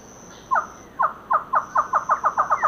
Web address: Natures Songs S America Eastern Lowlands. Thamnophilus cryptoleucus, calls and duet